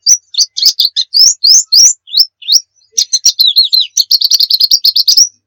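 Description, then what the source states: White-eye song: high rising and falling slurred whistles, followed by a lower warbled run and a rapid, even twitter. Muria white-eye; recording used for training (masteran) songbirds.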